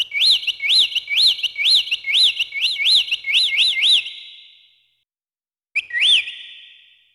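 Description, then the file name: Bird chirps: clear upswept whistled notes repeated about twice a second for four seconds, a pause, then one more rising chirp. "bird tweet"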